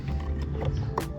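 A plastic connector clip is pushed by hand onto the two horn wires of an aftermarket digital carbon fiber steering wheel, over a steady low background hum. A sharp, short click at 1.0 s marks the clip snapping on and seating.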